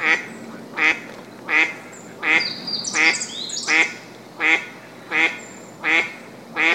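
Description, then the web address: Eastern spot-billed duck giving a steady run of about ten rasping quacks, evenly paced, while a small bird adds brief high twittering midway. "birdenaga karugamo"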